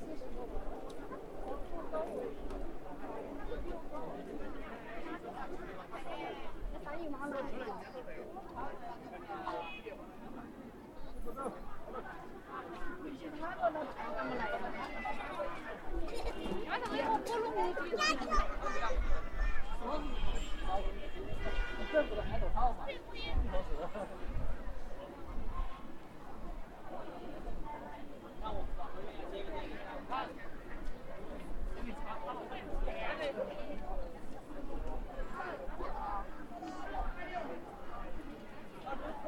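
At Hongyadong in Chongqing, many voices overlap in a steady crowd babble for the full length. The chatter grows louder and busier from about 15 to 25 seconds, with brief sharper sounds mixed in, then settles back to a dense, even murmur.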